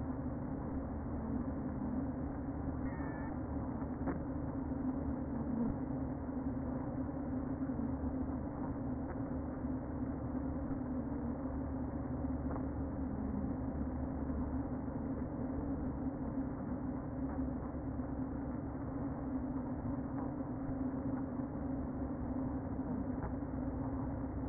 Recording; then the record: honeybee colony, microphone inside the hive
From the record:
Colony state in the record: queen present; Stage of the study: before two queens were removed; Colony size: about 60,000 bees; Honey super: yes